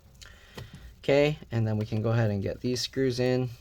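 Someone presses the middle clip of the plastic bottom cover on a Dell Inspiron 14 2-in-1 7415 laptop after working the cover down along the sides. Two short snaps at 0.2 s and 0.6 s mark the clip seating into the chassis. Then someone talks.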